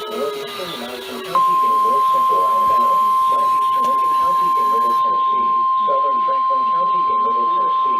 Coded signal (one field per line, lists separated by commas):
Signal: Emergency Alert System (SAME) tones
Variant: 853 and 960 Hz attention tone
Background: speech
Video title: NOAA Radio (EAS # 316-337) PDS TOA, TOA, SVR's, TOR's